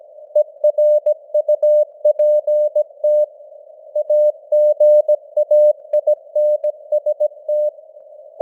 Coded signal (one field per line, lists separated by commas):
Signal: Morse code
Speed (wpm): 17 wpm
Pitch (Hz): 600 Hz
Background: none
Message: ERUPT AGAINST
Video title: Morse Code News | 2025-10-17 | 17wpm